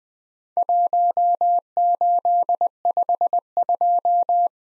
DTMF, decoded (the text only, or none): none